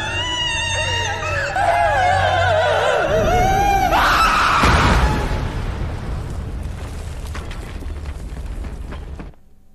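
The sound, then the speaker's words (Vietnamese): A woman's high, wavering, echoing scream rings out at night for several seconds, rising sharply before a loud burst of noise swallows it, followed by a long echoing rumble that cuts off. “Giật nảy người vì nghe tiếng hét vang vọng đâu đây.”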